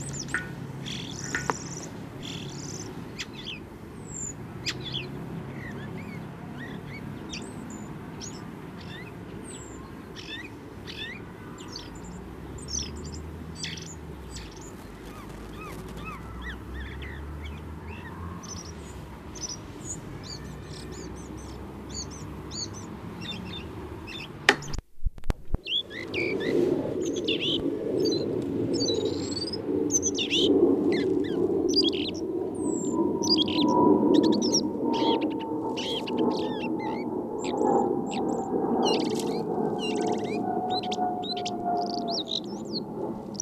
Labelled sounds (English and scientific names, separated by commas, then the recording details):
Common Blackbird (Turdus merula)
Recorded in the wild
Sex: male
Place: Kaiserslautern, Rheinland-Pfalz, DE
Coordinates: 49.42, 7.75
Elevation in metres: 279
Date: 1976-03-26
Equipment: Nagra IV, Sennheiser MKH 405, Parabolreflektor
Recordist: Tretzel, Erwin